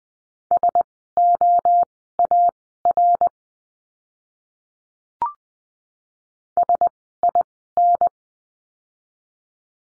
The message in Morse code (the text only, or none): SOAR SIN